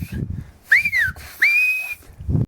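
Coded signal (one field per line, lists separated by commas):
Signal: whistled language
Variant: Silbo (whistled Spanish)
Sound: two loud gliding whistles, first rising then falling, second rising then held high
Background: faint voices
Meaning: David, come and eat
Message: David Ven a comer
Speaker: dice benigno siberio Silva David Ven a comer Don venigno no puede silvar David Ven a comer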